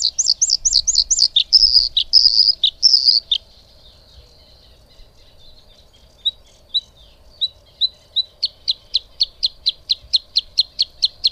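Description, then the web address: Bluethroat song: rapid repeated high rising notes, a buzzy phrase, a pause, then single clipped notes building into a fast, steady series of metallic ticks. "Madardalok - Kékbegy"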